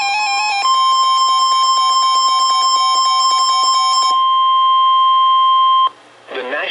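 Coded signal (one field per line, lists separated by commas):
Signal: Emergency Alert System (SAME) tones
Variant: 1050 Hz attention tone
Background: speech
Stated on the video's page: Required Weekly Tests and weather alerts.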